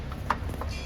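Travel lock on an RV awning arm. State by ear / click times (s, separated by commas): released / 0.3 s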